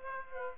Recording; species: mosquito wingbeat signal from an infrared sensor; Aedes aegypti